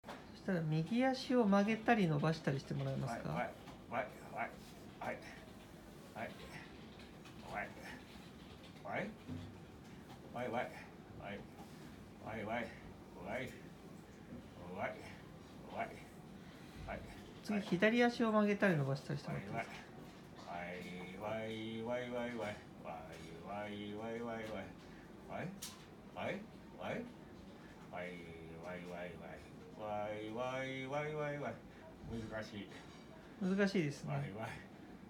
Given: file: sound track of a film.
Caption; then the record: Palilalia with a melodic pattern was predominantly induced when he tried to bend and stretch his left knee.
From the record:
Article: Case report: Gait-induced palilalia in a patient with hemiplegia due to cerebral infarction